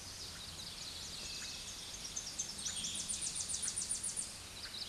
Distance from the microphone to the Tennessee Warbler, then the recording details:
about 30 m. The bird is about level with the microphone. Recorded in a Pennsylvania forest on 16 May 2024 at 07:06. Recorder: AudioMoth, point MSD-0521. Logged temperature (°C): 15.8 °C. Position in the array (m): 67 m, 63 m